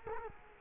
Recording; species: mosquito wingbeat signal from an infrared sensor; Culex quinquefasciatus